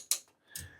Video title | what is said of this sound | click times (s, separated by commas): Loading Your Long Arm with Rob Appell - Sew Well | You can hear them clicking like a roller coaster at an amusement park. | 0.1 s, 0.6 s